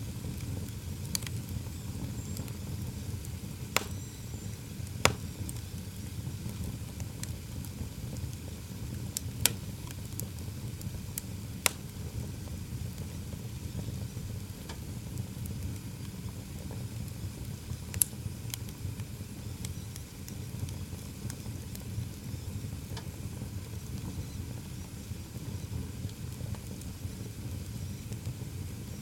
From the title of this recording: beside an open fire